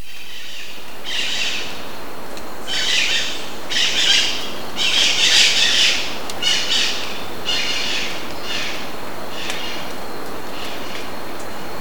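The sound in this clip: Bird giving harsh, raspy squawking calls in a series of noisy bursts about a second apart, louder in the middle, over a steady low rumbling background.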